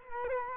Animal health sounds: mosquito wingbeat signal from an infrared sensor; Culex quinquefasciatus

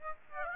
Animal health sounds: mosquito wingbeat signal from an infrared sensor; Aedes aegypti

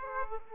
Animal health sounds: mosquito wingbeat signal from an infrared sensor; Aedes aegypti

